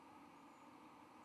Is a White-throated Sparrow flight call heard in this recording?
no